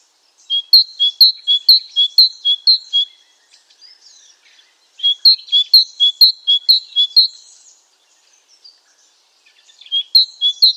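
Great tit song in three bursts of rhythmic two-note whistles, each burst several phrases long, separated by brief pauses with faint chirps.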